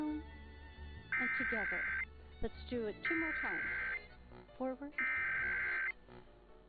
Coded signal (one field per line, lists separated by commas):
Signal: Emergency Alert System (SAME) tones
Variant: header bursts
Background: speech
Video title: (EAS #39) WVPB - National Periodic Test (10/4/2023)